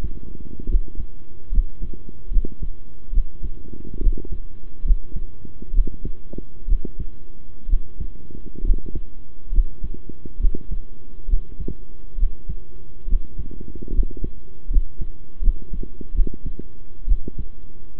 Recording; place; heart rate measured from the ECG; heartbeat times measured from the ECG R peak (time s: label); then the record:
heart sounds by stethoscope; between the tricuspid and mitral areas; 70 bpm
0.68 s: heartbeat
1.51 s: heartbeat
2.30 s: heartbeat
3.12 s: heartbeat
4.00 s: heartbeat
4.84 s: heartbeat
5.73 s: heartbeat
6.67 s: heartbeat
7.68 s: heartbeat
8.63 s: heartbeat
9.51 s: heartbeat
10.39 s: heartbeat
11.28 s: heartbeat
12.17 s: heartbeat
13.07 s: heartbeat
13.92 s: heartbeat
14.69 s: heartbeat
15.41 s: heartbeat
16.14 s: heartbeat
17.07 s: heartbeat
From the record:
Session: rest, sitting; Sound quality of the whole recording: good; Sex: male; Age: 23 years